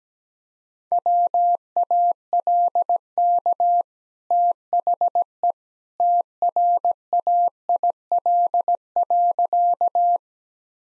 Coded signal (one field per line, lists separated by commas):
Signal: Morse code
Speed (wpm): 17 wpm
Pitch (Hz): 700 Hz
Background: none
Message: WALK THE TRAIL.